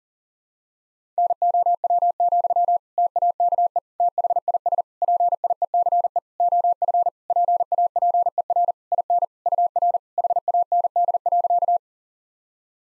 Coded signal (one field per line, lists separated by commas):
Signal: Morse code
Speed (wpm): 40 wpm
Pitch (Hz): 700 Hz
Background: none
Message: NOW, TAKE THIS PIECE OF PAPER IN UR HAND.